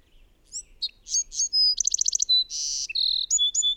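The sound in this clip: Bird song with rising and falling whistles, a fast pulsed trill, a harsh buzz and a tinkling, whistled ending, all high-pitched.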